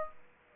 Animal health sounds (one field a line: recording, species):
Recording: mosquito wingbeat signal from an infrared sensor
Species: Aedes aegypti